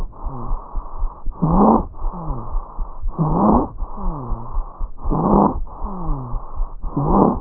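Harsh, high-pitched musical breath sounds in an adult repeat through every breath, with strong bursts alternating with softer phases at roughly 32 breaths a minute, along with medium crackles (rales). This is stridor, a sign of narrowing in the upper airway.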